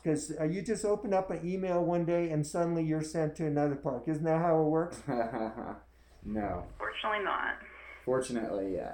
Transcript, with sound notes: Because you just open up an email one day and suddenly you are sent to another park. Isn’t that how it works?
(laughter) No.
Fortunately, not.
Fortunately, yea.